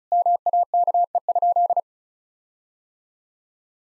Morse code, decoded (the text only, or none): MAKE?